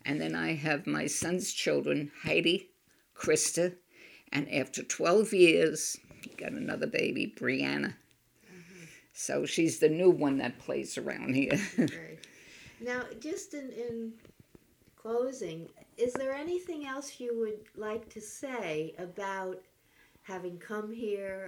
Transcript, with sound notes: And then I have my son's children, Heidi, Christa, and after twelve years he got another baby, Briana. So she's the new one that plays around here. (she laughs)
Now, just in closing, is there anything else you would like to say about having come here?